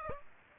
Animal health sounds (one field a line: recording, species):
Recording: mosquito wingbeat signal from an infrared sensor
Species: Aedes aegypti